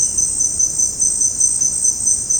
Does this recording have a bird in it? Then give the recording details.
no. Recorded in dense forest near Puerto Asís, Putumayo, Colombia, on 29 June 2025 at 17:30. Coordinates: 0.486, -76.317. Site G065